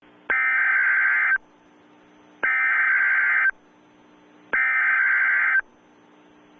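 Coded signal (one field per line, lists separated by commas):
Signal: Emergency Alert System (SAME) tones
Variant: header bursts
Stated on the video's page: Mock EAS blizzard alert made with editing software, not a real broadcast.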